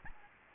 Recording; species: mosquito wingbeat signal from an infrared sensor; Aedes albopictus